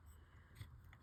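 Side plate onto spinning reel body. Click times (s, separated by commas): 0.9 s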